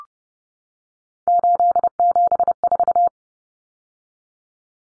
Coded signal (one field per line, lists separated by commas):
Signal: Morse code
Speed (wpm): 30 wpm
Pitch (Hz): 700 Hz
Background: none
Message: 874